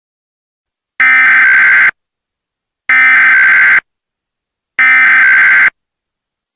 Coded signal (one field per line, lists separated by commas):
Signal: Emergency Alert System (SAME) tones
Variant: header bursts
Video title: EAS MOCK 17 AMBER ALERT FOR MISSISSIPPI